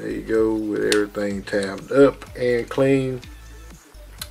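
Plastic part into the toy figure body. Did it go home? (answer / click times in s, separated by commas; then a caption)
yes / 4.2 s. A plastic part is pushed into the body of a toy figure (SND-08 IDW Optimus Prime, Voyager class scale Transformer) while someone talks. A short, sharp click at 4.2 s shows the part seated and locked into place.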